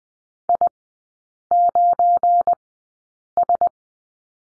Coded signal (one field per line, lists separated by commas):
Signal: Morse code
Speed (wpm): 20 wpm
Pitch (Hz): 700 Hz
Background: none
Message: I9S